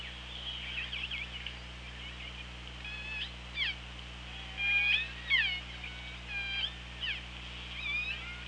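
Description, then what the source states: Orca calls: a series of harmonic, bending tones over a steady low underwater hum. Recorded on an OrcaLab hydrophone underwater, 24 August 2017 at 17:27.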